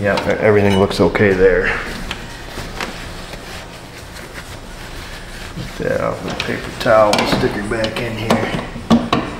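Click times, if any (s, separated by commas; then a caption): 9.1 s. A headlight bulb from a GMC Envoy with no low beam headlights, checked and found unbroken, is wiped with a paper towel and pushed back into the headlamp housing while someone talks. A few light handling taps sound along the way, and the bulb clicks back into the housing with a single sharp snap at 9.1 seconds.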